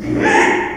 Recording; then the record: squeal of a Yucatan mini pig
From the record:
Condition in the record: after surgery on the right vocal fold (resection and tissue-engineered implant); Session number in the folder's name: 4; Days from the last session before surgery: 42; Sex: male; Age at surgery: 12 weeks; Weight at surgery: 13 kg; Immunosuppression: cyclosporine, prednisolone